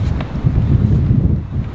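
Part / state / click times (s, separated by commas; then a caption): spray nozzle into pressure washer lance / not seated / none. A spray nozzle is being handled at the end of the plastic lance of a Kärcher K5.520 pressure washer, to be pushed in and twisted until it locks. A steady low, wind-like rumble fills the clip, with one brief sharp tick at 0.2 s. Nothing has seated or clicked yet.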